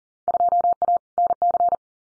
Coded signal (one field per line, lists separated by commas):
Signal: Morse code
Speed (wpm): 40 wpm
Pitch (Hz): 700 Hz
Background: none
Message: 2A NC